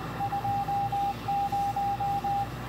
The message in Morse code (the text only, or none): 20